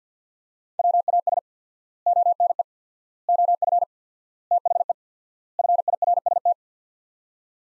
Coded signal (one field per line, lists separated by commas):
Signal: Morse code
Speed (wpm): 45 wpm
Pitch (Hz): 700 Hz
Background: none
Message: WAS ONE OF THE FIRST